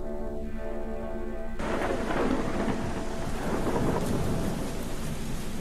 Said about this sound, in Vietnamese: Đêm định mệnh đó là một đêm mưa gió bão bùng. Ở bên ngoài trời mưa dữ lắm.